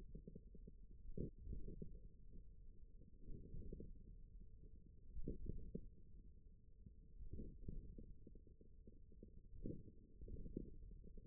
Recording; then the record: forearm muscle sounds (acoustic myography)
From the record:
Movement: thumb flexion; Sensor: system 1, eight BSWA MPA416 microphones around the upper forearm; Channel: 7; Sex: male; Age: 41 years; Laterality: right